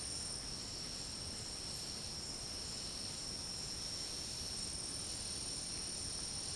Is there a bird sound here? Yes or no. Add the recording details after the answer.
no. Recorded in secondary vegetation near Puerto Asís, Putumayo, Colombia, on 20 February 2024 at 11:00. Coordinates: 0.489, -76.322. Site G6419